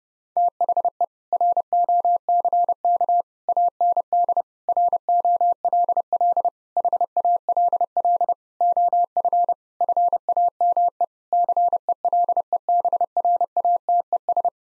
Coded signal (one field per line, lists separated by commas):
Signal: Morse code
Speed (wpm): 32 wpm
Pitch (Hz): 700 Hz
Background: none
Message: THE ROCK AND ROLL HALL OF FAME CELEBRATES